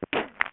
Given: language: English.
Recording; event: throat vibration sensor signal played as sound; cough